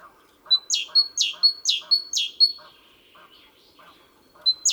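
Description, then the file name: Great tit song of four quick see-saw note pairs, high and then falling, then a pause and a new start. Another bird gives soft low repeated notes in the background. "Parus major"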